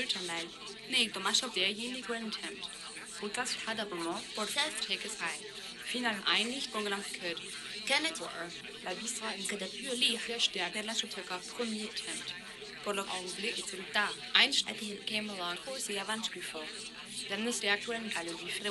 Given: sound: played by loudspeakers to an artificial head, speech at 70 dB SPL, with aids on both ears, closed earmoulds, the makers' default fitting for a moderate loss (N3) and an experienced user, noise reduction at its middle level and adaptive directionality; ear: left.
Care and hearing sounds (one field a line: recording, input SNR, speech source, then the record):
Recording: speech test signal (ISTS) in cocktail-party noise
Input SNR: 0 dB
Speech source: in front (0 degrees)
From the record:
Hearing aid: class 1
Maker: E